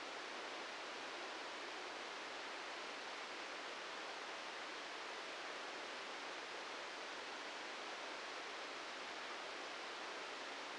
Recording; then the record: brain microelectrode recording played as sound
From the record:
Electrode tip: outside the subthalamic nucleus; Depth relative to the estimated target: 0 mm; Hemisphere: right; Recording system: NeuroSet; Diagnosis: Parkinson's disease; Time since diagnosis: 13 years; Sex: male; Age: 65 years